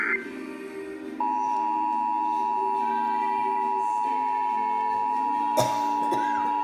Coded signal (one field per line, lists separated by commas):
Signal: Emergency Alert System (SAME) tones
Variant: 853 and 960 Hz attention tone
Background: music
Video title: EAS #104 National Periodic Test